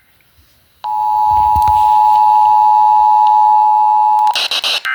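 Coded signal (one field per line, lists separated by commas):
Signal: Emergency Alert System (SAME) tones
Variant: 853 and 960 Hz attention tone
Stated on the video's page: Required Monthly Test caught on multiple FM stations and a TV subchannel, the TV relay received via tropospheric propagation.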